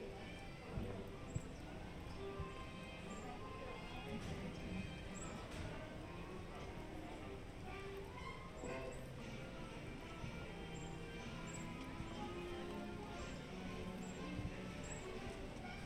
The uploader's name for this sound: Disneyland Park Binaural Walk Through